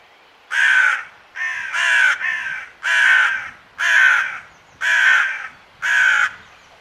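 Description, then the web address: Bird cawing harshly, six rough calls spaced about a second apart, the second one broken into a doubled caw. "cianscape. Deverinetal 2025. Bird Only"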